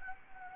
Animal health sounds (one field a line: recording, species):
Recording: mosquito wingbeat signal from an infrared sensor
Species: Anopheles arabiensis